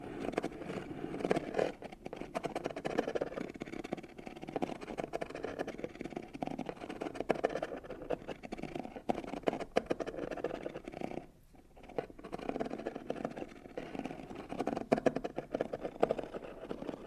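Scratching and rubbing on cardboard runs almost without pause, a dense, rough scraping concentrated in the low-middle range with quick strokes and sharp ticks throughout. Around eleven seconds it briefly drops away before the friction resumes, slightly louder, to the end.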